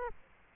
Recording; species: mosquito wingbeat signal from an infrared sensor; Aedes aegypti